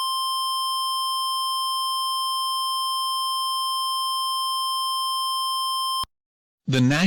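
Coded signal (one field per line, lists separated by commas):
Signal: Emergency Alert System (SAME) tones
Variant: 1050 Hz attention tone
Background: speech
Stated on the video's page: Fake, hypothetical EAS scenario, a simulated alert.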